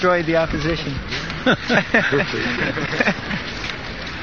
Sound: Prabhupāda laughs